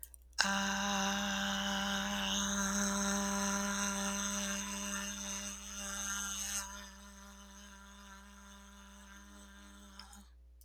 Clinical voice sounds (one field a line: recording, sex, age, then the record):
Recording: vowel held as long as possible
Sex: female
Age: 30 to 39 years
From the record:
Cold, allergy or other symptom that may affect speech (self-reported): no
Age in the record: 38 years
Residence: Michigan, United States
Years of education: 20